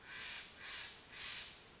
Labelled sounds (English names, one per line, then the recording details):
Steller's Jay
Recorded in Sonoma County, California